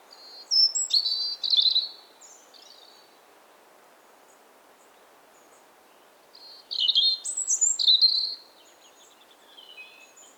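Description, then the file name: European robin song: two bursts of high, varied warbled notes and thin trills, about six seconds apart, with quiet between them. "Erithacus rubecula 240917"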